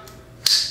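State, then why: Released. KVD by Mustad braid shears are pulled from their plastic lanyard sheath with slight downward pressure. After a quiet start with a faint tick near 0.1 s, a sharp snap comes at 0.5 s as the shears pop free, followed by a brief bright ring. The shears are released from the sheath.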